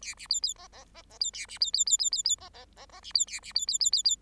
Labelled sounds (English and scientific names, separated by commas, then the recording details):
Bengalese Finch (Lonchura striata domestica) song
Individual Bird8